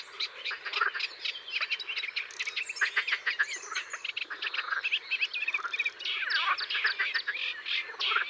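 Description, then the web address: Edible frog chorus of quick rattling croaks, overlapping and continuous, mixed with higher chirping notes. "Grenouille verte. abc de la nature"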